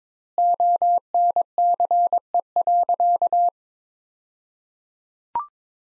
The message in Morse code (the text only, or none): ONCE.